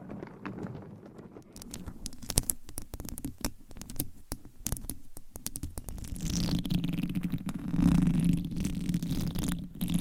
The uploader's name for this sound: Changing Triggers Every Few Seconds Scratching , Tapping , Massage & More